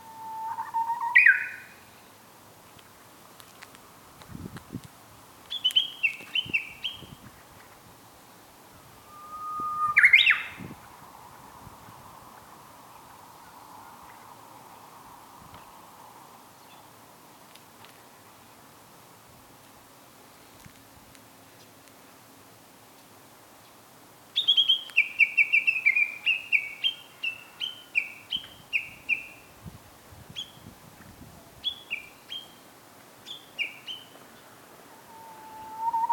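A Japanese bush warbler sings. Its long, clear whistle rises into a quick flourish near the start, around ten seconds and again at the very end. From about twenty-five to thirty-two seconds comes a fast, bright chattering run of repeated notes, all over a quiet, steady background.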